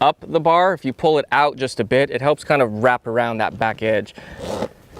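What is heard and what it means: Someone talks while zipping a fabric cover up the bar of a Hi-Lift jack, pulling the bar out slightly so the zipper wraps around the back edge. A brief rustling, zipper-like noise follows the speech near the end. Nothing has seated or locked in place yet.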